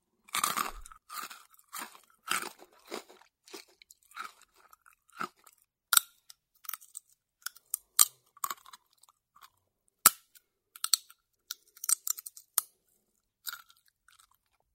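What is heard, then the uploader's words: Bright crunching of sunflower seeds and peanuts being eaten, irregular cracks and chews every half second or so, sharper snaps around six and ten seconds. 吃瓜子花生｜Eating Sunflower Seed、Peanut.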